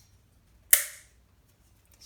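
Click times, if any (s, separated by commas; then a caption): 0.7 s. The first metal bail spring clip is pushed over the distributor cap on a Ford 8N tractor ignition and snaps into place. There is one loud, sharp metallic click at 0.7 s, with a bright ringing decay that fades over about a quarter second. Afterward there are only a few faint ticks before the clip ends, and the clip is seated.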